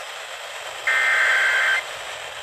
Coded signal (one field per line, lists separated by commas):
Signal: Emergency Alert System (SAME) tones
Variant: header bursts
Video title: EAS Alerts From 5/11-5/12/25: A Compilation (EAS 642-649)